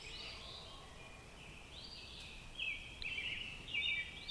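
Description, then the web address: Robin song: brief whistled phrases that rise and fall, given in a loose series, growing slightly louder toward the end. "Sounds of Nature Robins"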